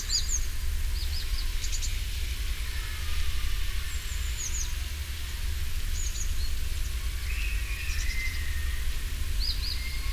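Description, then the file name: Great tit calls, short high paired notes repeated at intervals, with other thin whistles and a lower warbling bird note against steady low rumbling background noise. "Parus major"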